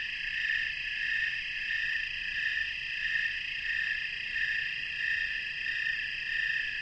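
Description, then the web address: Snowy tree cricket chorus of rhythmic high chirps that swell and fade in a regular beat, roughly one and a half pulses each second. Chorus of snowy tree crickets, North America. "Songs of Insects. Snowy Tree Cricket chorus"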